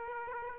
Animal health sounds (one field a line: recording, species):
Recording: mosquito wingbeat signal from an infrared sensor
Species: Aedes aegypti